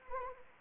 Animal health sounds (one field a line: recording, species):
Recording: mosquito wingbeat signal from an infrared sensor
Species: Anopheles arabiensis